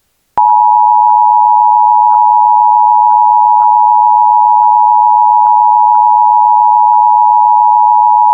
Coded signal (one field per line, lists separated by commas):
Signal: Emergency Alert System (SAME) tones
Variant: 853 and 960 Hz attention tone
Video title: EAS AMBER Alert for Newborn Infant Kidnapped from Hospital in a Duffle Bag!